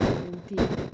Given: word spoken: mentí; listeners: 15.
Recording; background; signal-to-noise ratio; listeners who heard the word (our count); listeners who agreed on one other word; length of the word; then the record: one Spanish word in noise, from a listening test; noise modulated by one talker; -7.4 dB; 1 of 15; 9 of 15; 0.54 s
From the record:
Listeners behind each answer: 9, 2, 1, 1, 1, 1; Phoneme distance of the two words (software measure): 7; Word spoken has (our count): 2 syllables, 5 phonemes, stress on syllable 2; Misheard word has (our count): 2 syllables, 6 phonemes, stress on syllable 2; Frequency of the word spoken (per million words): 1.14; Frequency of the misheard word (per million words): 5.79